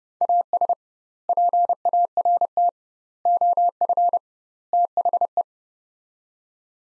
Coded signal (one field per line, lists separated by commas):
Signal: Morse code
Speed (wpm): 30 wpm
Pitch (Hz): 700 Hz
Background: none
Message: AS PART OF THE